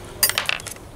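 A plastic connector is being fitted, under water, onto a porous ceramic watering-spike cone that was soaked overnight, so that the whole cone fills with water. A quick cluster of bright, hard clinks and taps sounds around 0.2 to 0.5 s, followed by a faint tap near 0.8 s. Nothing has seated or clicked yet.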